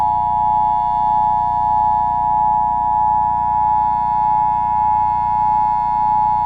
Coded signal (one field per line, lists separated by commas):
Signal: Emergency Alert System (SAME) tones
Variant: 853 and 960 Hz attention tone